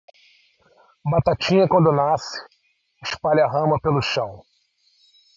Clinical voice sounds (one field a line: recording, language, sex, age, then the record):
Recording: short text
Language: Brazilian Portuguese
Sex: male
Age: 50 to 59 years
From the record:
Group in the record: control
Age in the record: 55 years